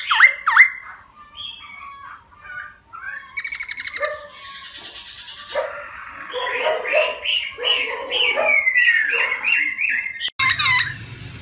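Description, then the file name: Laughingthrush song mixing looping whistles, a rapid buzzy trill and scratchy chatter, with a sudden loud noise near the end. Wild-voice song style ('giọng rừng'). "Tieng khuou hot giong rung"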